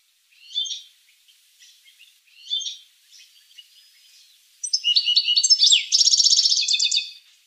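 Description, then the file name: Finch song begins with a few soft, scattered chirps, then breaks into a loud, rapid burst of sweeping notes and buzzy trills. "sing finch mouth lor"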